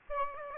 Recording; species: mosquito wingbeat signal from an infrared sensor; Aedes aegypti